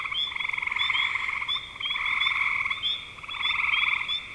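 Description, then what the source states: Frog chorus of rapid pulsed trills in short bursts, with sharp, high chirping notes repeated through the overlapping calls. Spring 2025.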